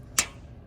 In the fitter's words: lock into place